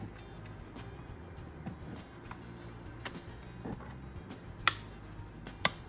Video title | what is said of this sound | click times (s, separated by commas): Building the Hobo Jungle! Plasticville Sheds and Outhouse. | stairs nicely snap into place I'd say that's the that was the best fitting part of any of them I'm not going to glue that | 4.7 s, 5.7 s